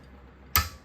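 A click-type torque wrench, set down from just under 20 to about 15 so the gasket is not pushed out, tightens a bolt on a Honda GX160 small engine. After near silence, the wrench gives one sharp, loud click at 0.6 s that rings briefly and fades. The wrench has clicked at its setting.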